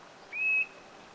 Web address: paivat 20 9 2024 nuoren kapustarinnan aani kuvien vasemman puoleisen linnun ilmeisesti